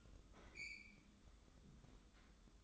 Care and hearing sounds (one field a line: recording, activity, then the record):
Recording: daily activity, microphone in the room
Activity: open fridge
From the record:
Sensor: 3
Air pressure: 995.2 hPa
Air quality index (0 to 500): 78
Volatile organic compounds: 6 ppm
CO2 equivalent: 1841 ppm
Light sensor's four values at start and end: 19/57/24/21 and 19/57/24/21